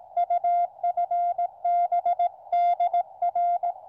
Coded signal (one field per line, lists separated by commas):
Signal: Morse code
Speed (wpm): 17 wpm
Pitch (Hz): 700 Hz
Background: none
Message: UFB DR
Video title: First Attempt at OH8STN's Challenge, Camp Radio on 80m.